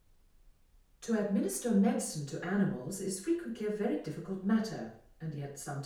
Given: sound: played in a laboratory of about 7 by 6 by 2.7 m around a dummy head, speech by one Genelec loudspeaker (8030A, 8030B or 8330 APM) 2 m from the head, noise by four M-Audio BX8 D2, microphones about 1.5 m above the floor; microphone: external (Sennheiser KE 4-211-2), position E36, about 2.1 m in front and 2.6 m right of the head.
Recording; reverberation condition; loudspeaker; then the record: female speech in English; medium; 120 degrees to the left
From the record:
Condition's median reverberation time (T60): about 510 ms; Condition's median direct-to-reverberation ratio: about -0.5 dB